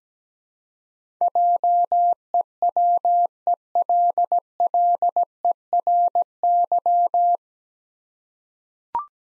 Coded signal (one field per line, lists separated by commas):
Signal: Morse code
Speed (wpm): 17 wpm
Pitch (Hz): 700 Hz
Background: none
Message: JEWELLERY